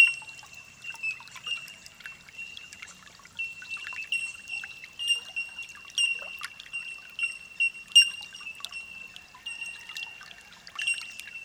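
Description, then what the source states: Bellbird chorus: many birds giving bright, ringing pings over a steady high tinkling tone, overlapping continuously with scattered sharper notes throughout. Holophonic recording.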